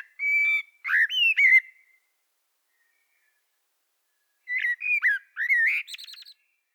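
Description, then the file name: Common blackbird song: two fluting phrases separated by a silent pause of about two and a half seconds, the second ending in thin, high twittering notes. "Turdus merula"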